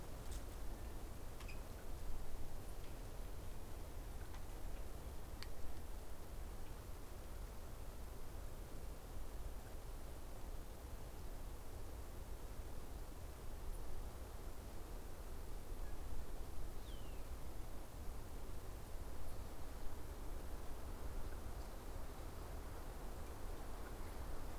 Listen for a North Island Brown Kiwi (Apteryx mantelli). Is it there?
no